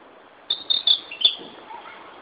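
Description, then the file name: Narcissus flycatcher song, a quick run of several high whistled notes over a soft hiss. "Ficedula narcissina"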